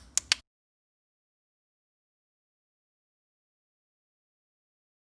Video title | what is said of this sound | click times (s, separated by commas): Apple MacBook Pro Keyboard Keys Installation guide (AC01) | enter the key cap over the hinge and once aligned push down and it's just nap into place please | 0.2 s, 0.3 s